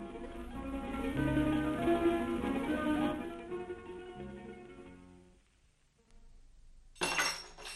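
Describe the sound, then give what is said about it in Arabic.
Sustained tonal music fades to near silence, then a drinking glass is dropped in a kitchen and shatters in one sudden, bright crash with a brief tinkling tail at the very end. “دي كوبايه وقعت مني”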